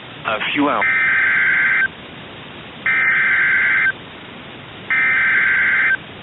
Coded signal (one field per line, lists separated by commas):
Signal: Emergency Alert System (SAME) tones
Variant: header bursts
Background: speech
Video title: MID-DECEMBER DERECHO | EAS Alerts from 12/15/2021 (EAS #875-902)